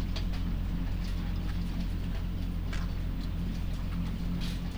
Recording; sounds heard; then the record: poultry house recording; sick chickens (respiratory disease)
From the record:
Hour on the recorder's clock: 23